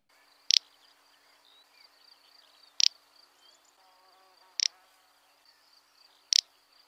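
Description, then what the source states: Little bustard song: brief, dry, snorting clicks repeated roughly every two seconds against a constant high insect hum. Song compared to a human fart, origin of the French name canepetière; strongly attractive to females, key to the breeding season, April to September.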